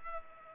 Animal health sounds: mosquito wingbeat signal from an infrared sensor; Culex pipiens

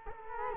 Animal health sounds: mosquito wingbeat signal from an infrared sensor; Culex quinquefasciatus

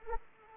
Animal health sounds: mosquito wingbeat signal from an infrared sensor; Anopheles arabiensis

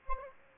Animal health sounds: mosquito wingbeat signal from an infrared sensor; Aedes aegypti

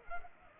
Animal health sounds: mosquito wingbeat signal from an infrared sensor; Culex pipiens

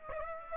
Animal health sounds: mosquito wingbeat signal from an infrared sensor; Aedes aegypti

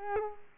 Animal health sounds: mosquito wingbeat signal from an infrared sensor; Culex quinquefasciatus

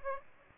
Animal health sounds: mosquito wingbeat signal from an infrared sensor; Aedes aegypti

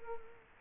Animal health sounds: mosquito wingbeat signal from an infrared sensor; Culex quinquefasciatus

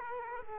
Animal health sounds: mosquito wingbeat signal from an infrared sensor; Culex quinquefasciatus

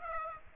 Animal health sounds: mosquito wingbeat signal from an infrared sensor; Aedes aegypti

